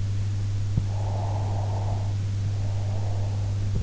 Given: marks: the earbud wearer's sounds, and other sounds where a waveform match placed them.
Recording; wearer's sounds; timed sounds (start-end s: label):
sounds in sleep by an in-ear microphone; breath
0.74-3.75 s: breath